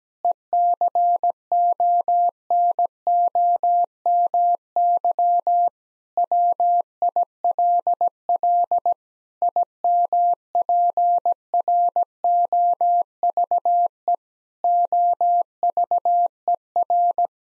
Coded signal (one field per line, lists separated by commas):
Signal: Morse code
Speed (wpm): 17 wpm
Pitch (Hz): 700 Hz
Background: none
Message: ECONOMY WILL IMPROVE OVER